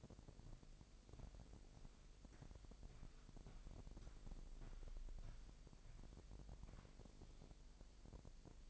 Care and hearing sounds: daily activity, microphone in the room; walk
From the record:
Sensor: 5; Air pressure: 1001.7 hPa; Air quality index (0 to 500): 182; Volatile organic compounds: 12 ppm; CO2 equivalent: 2335 ppm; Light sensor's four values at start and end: 30/101/38/40 and 30/101/38/40

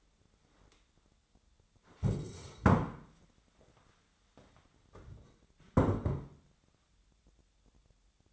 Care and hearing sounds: daily activity, microphone in the room; stand up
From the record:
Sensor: 3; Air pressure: 1015.2 hPa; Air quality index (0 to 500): 168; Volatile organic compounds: 13 ppm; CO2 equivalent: 2413 ppm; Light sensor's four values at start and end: 14/38/15/16 and 14/37/15/16

